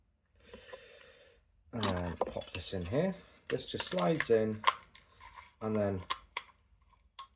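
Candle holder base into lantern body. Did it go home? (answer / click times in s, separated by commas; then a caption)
yes / 6.4 s, 7.2 s. A UCO candle lantern's candle holder unit is slid into the lantern body and pushed until it locks, with a soft rubbing sound early on while someone talks. Sharp clicks at 6.4 s and 7.2 s mark the base seating into place.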